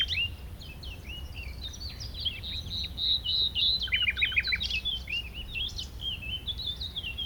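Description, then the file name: Common nightingale delivering rich whistled and chattering phrases, including a quick burst of repeated descending notes, with steady faint low rumble behind. "Luscinia megarhynchos"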